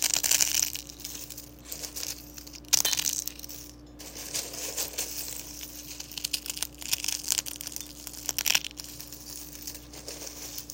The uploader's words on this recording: Relaxing sounds of crunching eggshells for 5 minutes. Crushing Eggshells.